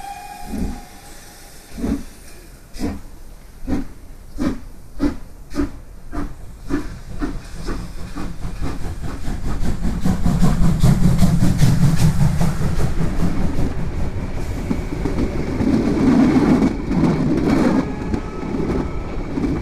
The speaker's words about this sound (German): All aboard the train to Dover. Mind the doors, please. Und um 8:45 Uhr setzte sich der Zug in Bewegung.